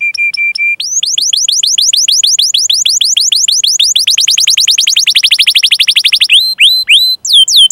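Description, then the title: Canary singing a few flat whistled notes, then a run of rising swept notes that speeds into a fast high trill and ends with slower upslurs. Canary singing vigorously (gacor) with its best song style (cengkok) and richest fill phrases (isian), used for bird-song training. "Kenari Gacor Cengkok Terbaik Isian Paling Mewah"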